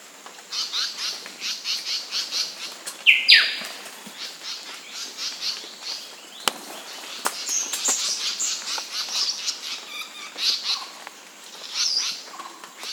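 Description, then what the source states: Bird gives one brief, harsh squawk early on, against a steady background of high, pulsing chirps. Recorded in Papua New Guinea.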